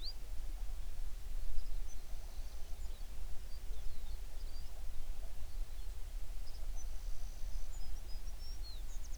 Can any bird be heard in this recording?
yes